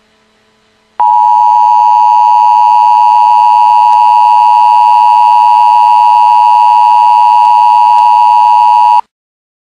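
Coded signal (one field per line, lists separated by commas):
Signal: Emergency Alert System (SAME) tones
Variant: 853 and 960 Hz attention tone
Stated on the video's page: Fake EAS alert made as a prank, not a real broadcast.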